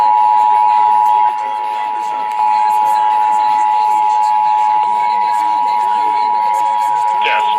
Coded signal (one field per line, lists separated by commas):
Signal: Emergency Alert System (SAME) tones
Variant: 853 and 960 Hz attention tone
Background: speech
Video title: EAS 5552-5584 Tests from 1/17/24-1/24/24